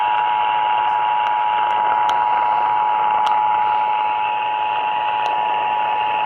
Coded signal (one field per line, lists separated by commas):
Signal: Emergency Alert System (SAME) tones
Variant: 853 and 960 Hz attention tone